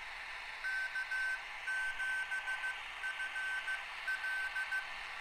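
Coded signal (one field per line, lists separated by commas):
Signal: Morse code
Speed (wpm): 15 wpm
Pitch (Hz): 1550 Hz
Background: none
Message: K7FL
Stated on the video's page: 10 meter CW beacon received on an RTL-SDR with a Raspberry Pi 4.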